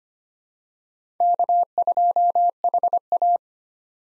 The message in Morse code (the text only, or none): K2HA